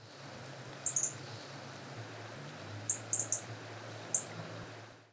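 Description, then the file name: European robin calls: short, very high, thin notes, a pair near one second, a quick triple near three seconds and a single at four, over a steady low hum. "Erithacus rubecula"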